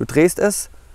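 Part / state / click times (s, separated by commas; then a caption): rotating tripod collar of a telephoto lens locking at its orientation detent / not seated / none. Someone talks briefly as the tripod collar lock on a large Sigma 60-600mm telephoto zoom lens is loosened and the lens and camera are rotated from portrait toward landscape, followed by a quiet tail. The collar's orientation detent has not clicked into place yet; nothing has seated.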